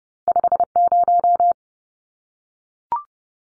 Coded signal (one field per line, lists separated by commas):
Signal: Morse code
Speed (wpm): 30 wpm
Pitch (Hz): 700 Hz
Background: none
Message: 50